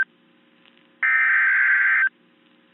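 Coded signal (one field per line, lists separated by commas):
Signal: Emergency Alert System (SAME) tones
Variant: header bursts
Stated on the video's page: NOAA Weather Radio station WXK33 in San Angelo, Texas, with a particularly dangerous situation Severe Thunderstorm Warning from the local National Weather Service office.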